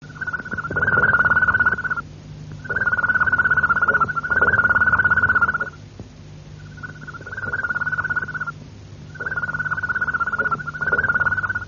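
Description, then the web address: Canary song made of rapid rolling trills, each held for about one to three seconds with short pauses between, over a steady low hum. Harz-style canary song. "~joaopt canarios cantoharz"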